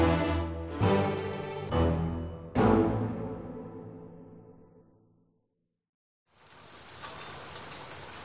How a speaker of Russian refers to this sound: Погода внезапно испортилась. Зарядил проливной дождь. Козырек над остановкой автобуса не особенно и спасал.